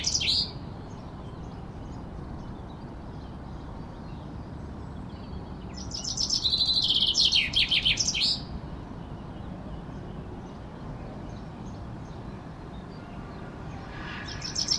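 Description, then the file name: Common chaffinch singing: one full phrase of rapid bright notes in midway, with brief fragments of other phrases at the start and end, separated by long quiet gaps. "Fringilla coelebs"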